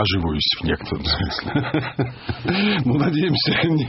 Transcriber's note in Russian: смех